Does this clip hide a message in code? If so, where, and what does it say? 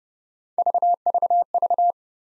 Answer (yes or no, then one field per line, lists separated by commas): no